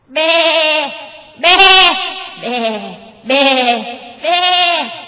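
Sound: goat bleating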